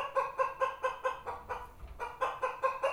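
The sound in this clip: Chicken clucking: a steady run of short, nasal clucks about four or five per second, with one brief pause midway, then the rhythm resumes.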